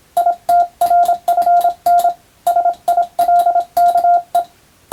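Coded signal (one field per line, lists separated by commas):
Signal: Morse code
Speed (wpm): 27 wpm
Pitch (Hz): 700 Hz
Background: none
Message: ITRFN SILKE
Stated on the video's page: Morse code practice by a first-class radiotelegraph operator sending with a telegraph key, using a European-language telegram practice book.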